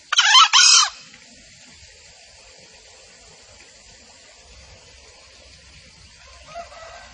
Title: Pancingan Suara Ayam Hutan Betina. Suara ayam hutan jantan buat masteran pikat di hutan